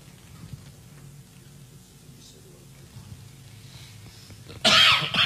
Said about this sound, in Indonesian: maaf. Nah ini ujian batuk ya.